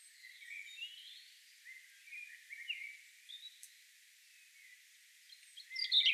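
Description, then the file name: European robin song of scattered thin high whistled notes, ending in a louder jumble of sharp notes. "Erithacus rubecula"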